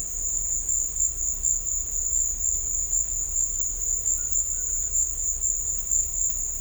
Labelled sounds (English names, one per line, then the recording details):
none
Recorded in dense forest near Puerto Asís, Putumayo, Colombia, on 18 December 2024 at 15:00
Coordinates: 0.500, -76.322
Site G053